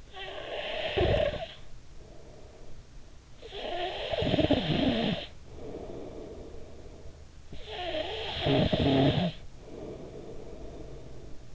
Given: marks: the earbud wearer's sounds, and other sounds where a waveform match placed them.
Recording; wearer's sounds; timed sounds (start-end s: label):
sounds in sleep by an in-ear microphone; snoring breath
0.00-3.05 s: snoring breath
3.25-7.20 s: snoring breath
7.38-11.55 s: snoring breath